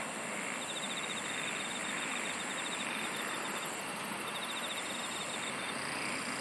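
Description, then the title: Insect chorus: a shrill continuous tone, short bursts of quick chirps, and a two-second run of rapid, high pulsed trilling midway through, against a hissy background. "SINGING OF INSECTS"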